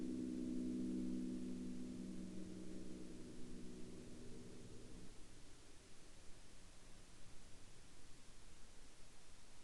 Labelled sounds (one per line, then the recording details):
man-made sound
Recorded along the Dempster Highway, Canada, on 10 April 2019 at 23:01
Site 22